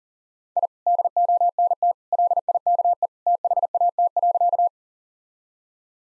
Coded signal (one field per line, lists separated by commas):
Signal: Morse code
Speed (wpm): 37 wpm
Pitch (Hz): 700 Hz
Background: none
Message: I DONT LIKE THAT.